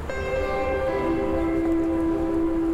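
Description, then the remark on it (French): An RER commuter train passing in the distance, heard from a small iron bench near a lake, a steady, slightly wavering harmonic whine over a low continuous rumble, holding an even loudness throughout with no voices. “Un petit banc en fer, près du lac, au loin, le RER défile.”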